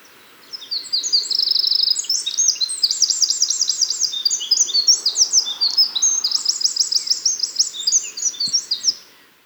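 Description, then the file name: Eurasian wren with one long, loud song of fast high trills and rattling notes, running without a break for about eight seconds. "Troglodytes troglodytes"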